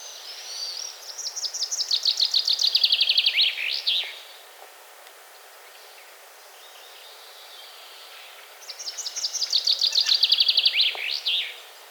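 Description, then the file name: Common chaffinch singing two full phrases about seven and a half seconds apart. Each is a descending trill of high notes closed by a quick, twisting flourish. "Fringilla coelebs"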